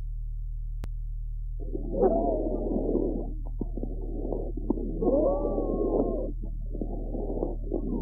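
Horse lungs heard through a stethoscope: abnormal lung sounds with musical wheezes in repeated breath-linked bursts, roughly 20 per minute.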